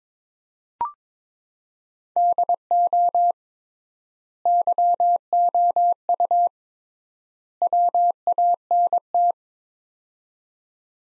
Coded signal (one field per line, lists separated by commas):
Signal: Morse code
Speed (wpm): 22 wpm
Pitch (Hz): 700 Hz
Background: none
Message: DO YOU WANT